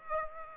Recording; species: mosquito wingbeat signal from an infrared sensor; Aedes aegypti